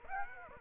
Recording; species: mosquito wingbeat signal from an infrared sensor; Aedes aegypti